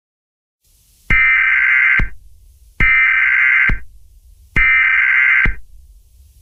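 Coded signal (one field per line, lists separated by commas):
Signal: Emergency Alert System (SAME) tones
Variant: header bursts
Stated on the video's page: Fictional EAS scenario based on a film.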